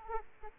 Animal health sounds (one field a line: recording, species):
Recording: mosquito wingbeat signal from an infrared sensor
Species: Aedes aegypti